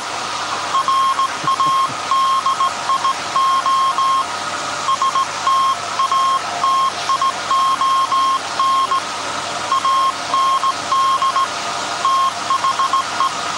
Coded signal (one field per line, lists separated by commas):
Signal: Morse code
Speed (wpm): 18 wpm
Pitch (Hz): 1070 Hz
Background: none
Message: RADIO STATION AND THE